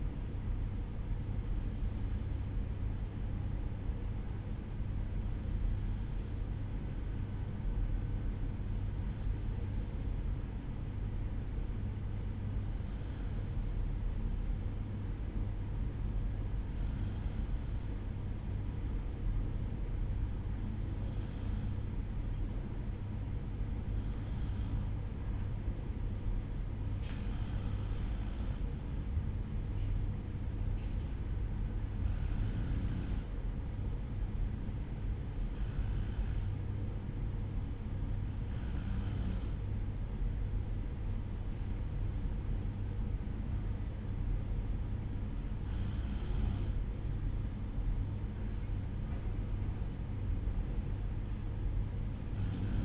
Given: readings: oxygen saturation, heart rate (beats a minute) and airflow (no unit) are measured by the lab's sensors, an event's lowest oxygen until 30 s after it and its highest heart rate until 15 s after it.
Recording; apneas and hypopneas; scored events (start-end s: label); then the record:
breathing in sleep by a smartphone at the bedside; 1
9.00-46.40 s: hypopnea (N1, oxygen 94% highest, then 92% lowest, heart rate 59 at the start, 60 highest)
20.00-52.85 s: new sleep stage, N2 (light sleep)
From the record:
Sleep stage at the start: N1 (lightest sleep); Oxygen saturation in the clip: 92 to 94%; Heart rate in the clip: 57 to 61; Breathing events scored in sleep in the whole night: 305 in 9.6 hours asleep